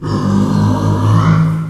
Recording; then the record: squeal of a Yucatan mini pig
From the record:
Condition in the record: after surgery on the right vocal fold (resection and tissue-engineered implant); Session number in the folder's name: 15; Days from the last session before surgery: 175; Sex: female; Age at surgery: 19 weeks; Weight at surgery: 25 kg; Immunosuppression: prednisolone